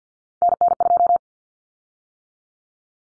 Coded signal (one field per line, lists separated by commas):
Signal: Morse code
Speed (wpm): 50 wpm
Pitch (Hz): 700 Hz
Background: none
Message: NN2